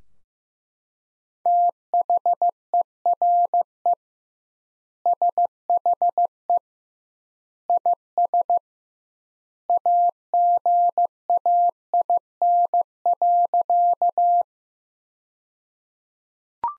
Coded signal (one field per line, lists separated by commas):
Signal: Morse code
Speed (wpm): 15 wpm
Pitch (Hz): 700 Hz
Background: none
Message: THERE SHE IS AGAIN.